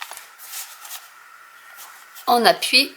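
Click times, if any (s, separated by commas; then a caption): none. A plastic battery cover is set back onto a Brother PT-H200 handheld label printer and lined up before being pressed shut, with soft handling and rubbing noises in the first half. Someone talks near the end. Nothing has seated or clicked yet.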